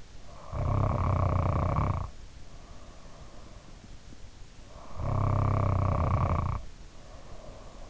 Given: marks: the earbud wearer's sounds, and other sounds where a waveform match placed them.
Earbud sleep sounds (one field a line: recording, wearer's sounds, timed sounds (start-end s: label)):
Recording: sounds in sleep by an in-ear microphone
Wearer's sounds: snoring breath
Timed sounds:
0.20-3.52 s: snoring breath
4.66-7.90 s: snoring breath